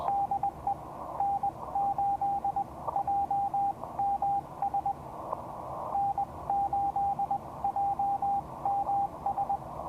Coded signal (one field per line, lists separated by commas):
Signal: Morse code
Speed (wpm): 20 wpm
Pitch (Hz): 800 Hz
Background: radio noise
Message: DE N8JMS N8JMS